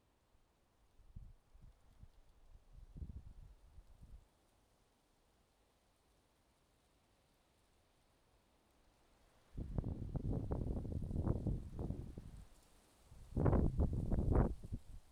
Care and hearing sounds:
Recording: everyday scene through a hearing-aid microphone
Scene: wind on the microphone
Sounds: wind, traffic, birds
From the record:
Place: suburban garden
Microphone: in the ear canal, left

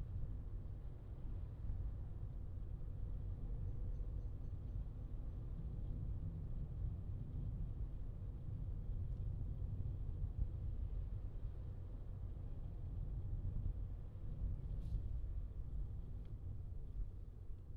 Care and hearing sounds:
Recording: everyday scene through a hearing-aid microphone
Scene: in a vehicle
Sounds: engine, highway traffic jam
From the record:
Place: Skoda Fabia, gasoline engine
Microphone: in the ear canal, left

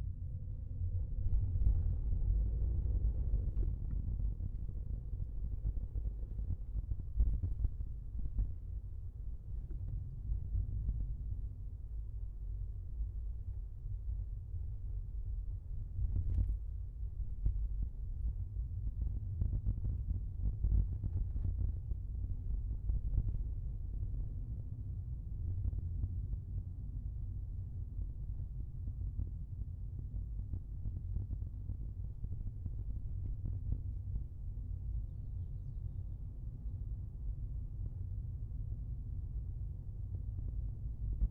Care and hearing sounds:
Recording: everyday scene through a hearing-aid microphone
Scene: in a vehicle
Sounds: engine, rumble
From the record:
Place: Skoda Fabia, gasoline engine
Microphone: behind the ear, left, rear

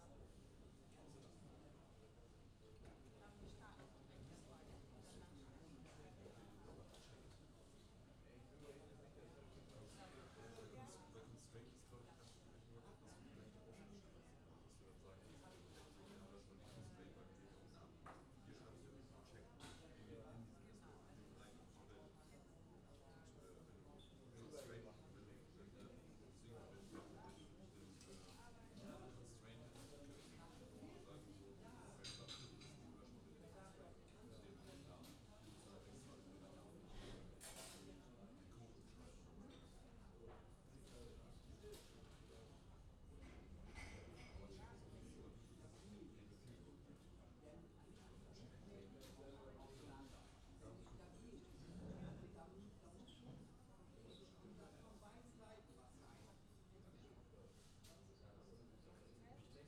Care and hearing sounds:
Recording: everyday scene through a hearing-aid microphone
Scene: many people talking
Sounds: many voices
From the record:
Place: university cafeteria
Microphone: in the ear canal, left

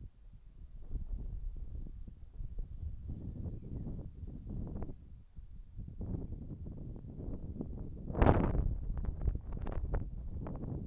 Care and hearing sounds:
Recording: everyday scene through a hearing-aid microphone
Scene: wind on the microphone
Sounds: wind, birds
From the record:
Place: in front of a rural house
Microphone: behind the ear, right, rear

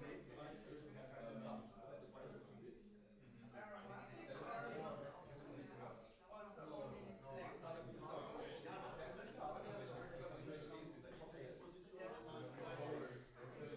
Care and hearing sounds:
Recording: everyday scene through a hearing-aid microphone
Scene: many people talking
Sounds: many voices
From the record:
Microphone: behind the ear, left, rear

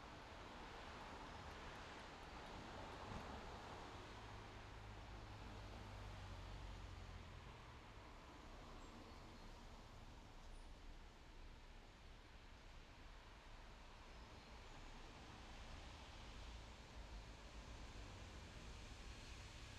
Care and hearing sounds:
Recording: everyday scene through a hearing-aid microphone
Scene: in traffic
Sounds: traffic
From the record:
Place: main road on the outskirts, rush hour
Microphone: in the ear canal, left

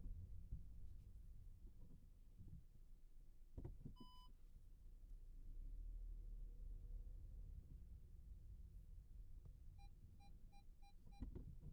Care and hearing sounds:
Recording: everyday scene through a hearing-aid microphone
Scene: in a vehicle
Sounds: engine, rumble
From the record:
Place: Skoda Fabia, gasoline engine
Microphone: behind the ear, right, rear

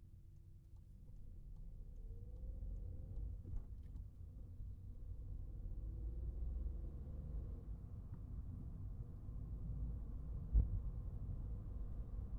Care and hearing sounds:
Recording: everyday scene through a hearing-aid microphone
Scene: in a vehicle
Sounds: engine, traffic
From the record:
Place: Skoda Fabia, gasoline engine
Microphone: behind the ear, right, rear

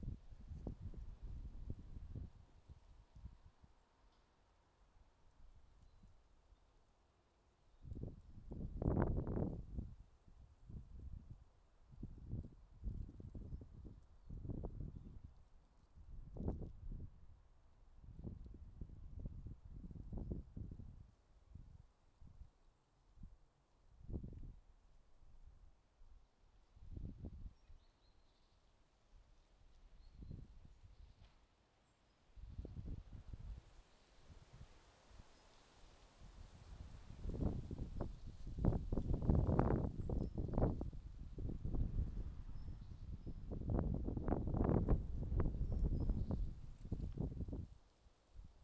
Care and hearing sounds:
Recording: everyday scene through a hearing-aid microphone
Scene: wind on the microphone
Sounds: wind, traffic, birds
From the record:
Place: suburban garden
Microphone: in the ear canal, left

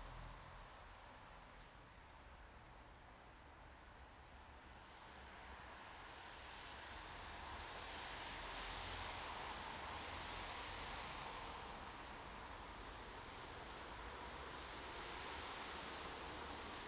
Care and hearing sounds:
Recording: everyday scene through a hearing-aid microphone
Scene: in traffic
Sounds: traffic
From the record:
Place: bus stop on a city main road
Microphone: in the ear canal, right

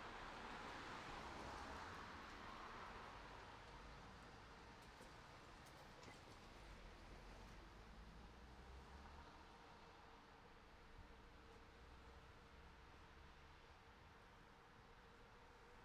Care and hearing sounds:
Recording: everyday scene through a hearing-aid microphone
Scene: in traffic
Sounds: traffic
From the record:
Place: city secondary road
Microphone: in the ear canal, right

